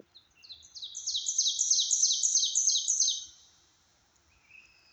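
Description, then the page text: Ovenbird song: a repeated two-note phrase given several times in quick succession, building in volume before stopping abruptly, with a quiet background. Recorded in Maryland. "Maryland Biodiversity. Ovenbird ( Seiurus aurocapilla )"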